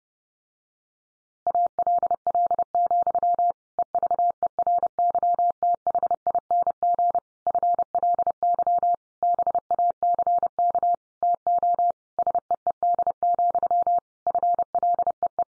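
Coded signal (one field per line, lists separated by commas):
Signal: Morse code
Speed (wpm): 30 wpm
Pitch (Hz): 700 Hz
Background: none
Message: ALL, EVERYTHING FLY BACK TO SEED, FLEE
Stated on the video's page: Morse head-copy practice at 30 wpm, sentences sent in Morse.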